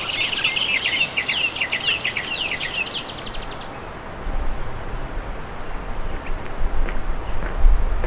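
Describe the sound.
Bird calls, a fast jumble of high chirps and a rapid run of ticking notes for about three seconds, then mostly rumbling background noise with occasional faint chirps.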